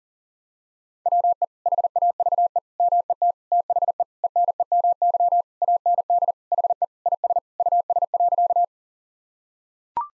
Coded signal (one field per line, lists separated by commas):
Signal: Morse code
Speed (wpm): 40 wpm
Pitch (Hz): 700 Hz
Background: none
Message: WE HAVE MET THE ENEMY AND HE IS US.